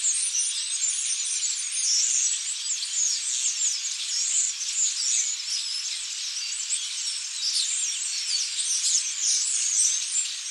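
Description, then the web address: Starlings calling as a flock, a dense continuous wash of high, squeaky chatter and whistles with no pauses throughout. "Blast Wave Update 1 Birds Starlings"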